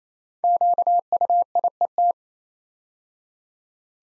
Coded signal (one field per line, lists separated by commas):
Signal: Morse code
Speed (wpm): 27 wpm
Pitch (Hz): 700 Hz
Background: none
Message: QUIET